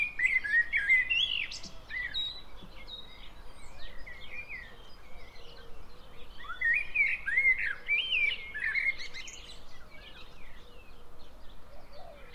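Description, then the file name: Common blackbird song: two bursts of fluty, warbling phrases, the second longer. "Turdus merula"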